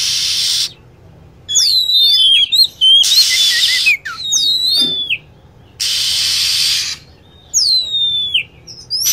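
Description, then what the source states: Lovebird calls: crossing, sharply falling whistles and chirps alternating with bursts of harsh hissing screech. Lure sound used for attracting lovebirds.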